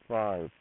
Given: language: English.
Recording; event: throat vibration sensor signal played as sound; speech